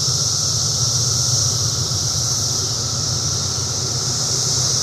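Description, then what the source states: Cicadas give a steady, high shrill buzz that holds without a break, with a lower droning hum underneath throughout. Recorded in 2004.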